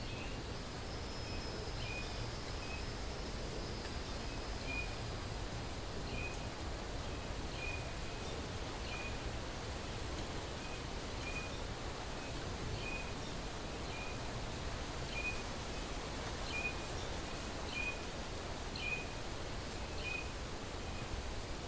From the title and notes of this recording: Wild bamboo forest.